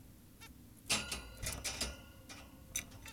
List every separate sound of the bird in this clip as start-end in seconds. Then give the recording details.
0.41-0.48, 3.06-3.13. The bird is an adult. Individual g17y2U